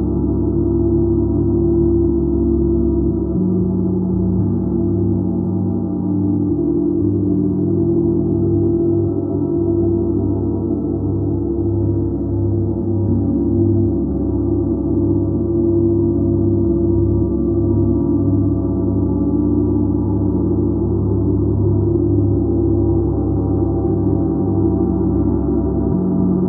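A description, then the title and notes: Planetary gongs ring out in a sound bath, their tones blending into one continuous, swelling drone. Deep, steady hums sit beneath layered overtones that shimmer and slowly shift without any sharp strikes. The loudness stays even throughout, with nothing bright above the warm wash. Immersive sound bath using her signature planetary gongs that are tuned to the frequencies of each planet.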